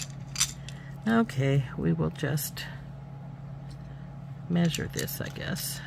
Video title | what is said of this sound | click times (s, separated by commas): Making the Crystal Cloud Necklace Using Bargain Bead Box's Cloudburst | a little bit of Forward Motion bring them push them together until you hear that click | 0.7 s